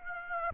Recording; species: mosquito wingbeat signal from an infrared sensor; Aedes aegypti